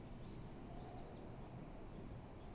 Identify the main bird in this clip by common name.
Great Tit